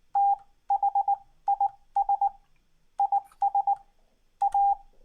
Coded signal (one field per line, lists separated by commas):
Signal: Morse code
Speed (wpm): 19 wpm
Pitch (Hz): 800 Hz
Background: none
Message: THIS IS A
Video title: Me sucking at solving morse code